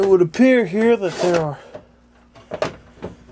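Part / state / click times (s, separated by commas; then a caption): power supply into computer case bay / seated / 2.5 s, 2.6 s. Someone talks briefly while a replacement PC power supply is pushed into the bay of a tool-less computer case. Two sharp snaps follow at 2.5 and 2.6 seconds as the case's plastic retainer catches, and the power supply is seated firmly in place.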